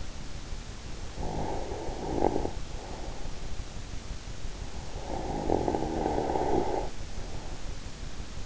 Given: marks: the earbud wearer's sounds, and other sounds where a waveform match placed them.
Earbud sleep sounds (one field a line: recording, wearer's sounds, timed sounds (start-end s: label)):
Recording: sounds in sleep by an in-ear microphone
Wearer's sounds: snoring breath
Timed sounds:
0.88-2.91 s: snoring breath
5.21-7.21 s: snoring breath